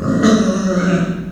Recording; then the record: squeal of a Yucatan mini pig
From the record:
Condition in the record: after surgery on the right vocal fold (resection and tissue-engineered implant); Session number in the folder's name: 9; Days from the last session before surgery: 65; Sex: female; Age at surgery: 19 weeks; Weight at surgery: 25 kg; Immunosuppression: prednisolone